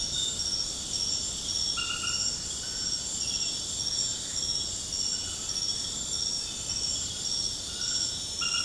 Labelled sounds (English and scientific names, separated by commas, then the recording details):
none
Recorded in secondary vegetation near Puerto Asís, Putumayo, Colombia, on 20 February 2024 at 00:00
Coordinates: 0.472, -76.331
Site G6371